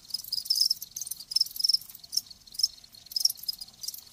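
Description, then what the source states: High cricket chirps in short pulsed bursts, uneven in spacing. Live crickets chirping.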